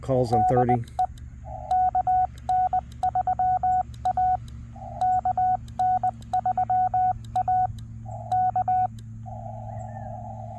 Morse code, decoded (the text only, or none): DE KN3A KN3A K